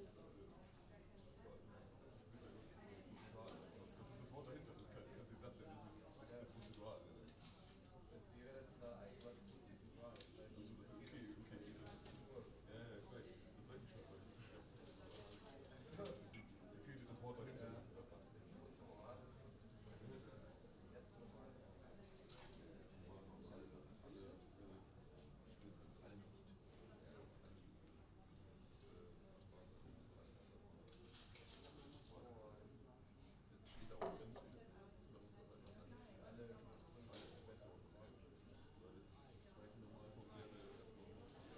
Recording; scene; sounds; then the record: everyday scene through a hearing-aid microphone; many people talking; many voices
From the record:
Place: university cafeteria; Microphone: in the ear canal, right